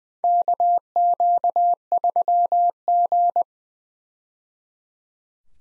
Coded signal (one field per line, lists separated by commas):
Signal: Morse code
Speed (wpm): 20 wpm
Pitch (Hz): 700 Hz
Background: none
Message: KQ3G